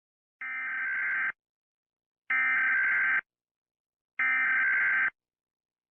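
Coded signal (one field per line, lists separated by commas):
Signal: Emergency Alert System (SAME) tones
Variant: header bursts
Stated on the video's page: Fictional EAS scenario about a creature; simulated alert.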